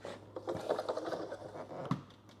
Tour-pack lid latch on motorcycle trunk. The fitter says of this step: yeah it's hitting it won't latch